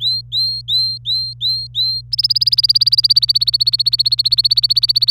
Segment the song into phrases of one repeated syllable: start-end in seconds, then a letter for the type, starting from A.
0.00-2.01 A, 2.12-5.11 B